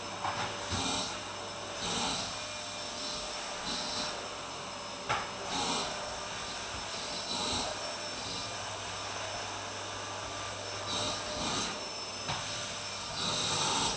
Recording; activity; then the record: daily activity, microphone in the room; vacuum cleaning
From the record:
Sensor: 2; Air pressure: 1009.5 hPa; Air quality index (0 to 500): 187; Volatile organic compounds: 12 ppm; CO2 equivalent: 2325 ppm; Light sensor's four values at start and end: 24/59/26/28 and 25/60/26/28